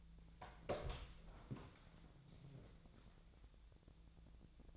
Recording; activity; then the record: daily activity, microphone in the room; open door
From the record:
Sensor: 3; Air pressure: 1000.5 hPa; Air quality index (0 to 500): 180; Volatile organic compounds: 4 ppm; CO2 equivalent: 1558 ppm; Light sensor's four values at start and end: 13/31/13/13 and 13/31/13/13